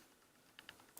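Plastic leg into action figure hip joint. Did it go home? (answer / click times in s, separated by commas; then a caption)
no / none. A plastic leg piece of a Marvel Legends build-a-figure Juggernaut action figure is handled and pushed toward the figure's hip joint. Faint, light plastic ticks are heard around 0.6, 0.7 and 1.0 seconds over a quiet background. Nothing has seated or clicked into place yet.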